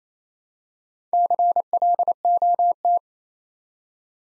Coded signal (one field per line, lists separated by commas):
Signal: Morse code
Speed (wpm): 29 wpm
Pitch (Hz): 700 Hz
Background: none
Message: CLOT